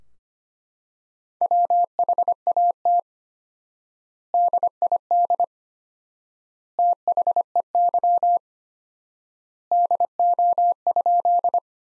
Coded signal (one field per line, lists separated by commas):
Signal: Morse code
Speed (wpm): 25 wpm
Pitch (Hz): 700 Hz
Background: none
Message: WHAT DID THEY DO?